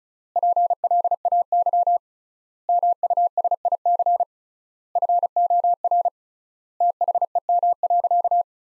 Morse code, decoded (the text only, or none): PLAY MUSIC FOR THEM.